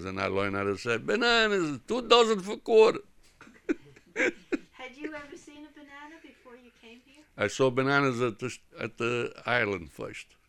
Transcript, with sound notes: And I learned how to say, "Bananas, two dozen for a quarter." (he laughs)
Had you ever seen a banana before you came here?
I saw bananas at the, at the island first.